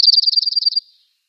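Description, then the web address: Dark-eyed junco singing a rapid, high trill of many even notes that fades within a second, in silence. "Schulze Peter Dark-eyed Junco song"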